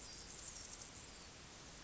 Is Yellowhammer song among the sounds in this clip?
no